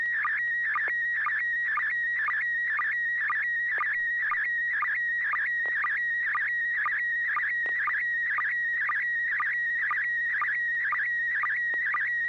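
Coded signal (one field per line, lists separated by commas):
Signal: SSTV (slow-scan television)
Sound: continuous warbling whistle near 2 kHz with quick low chirps about twice a second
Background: low hum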